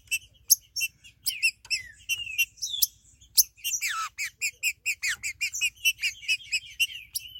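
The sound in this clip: Green-winged saltator song, chattering notes interrupted by a long downward slur, then a quick regular sequence of clipped ringing notes.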